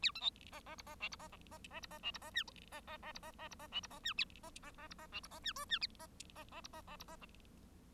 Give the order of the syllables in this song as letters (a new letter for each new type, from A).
A B C D D E D F E D D D E D F E D G D D D E D D E D F E D G A D D D E D F E D G H G D D D E D D E D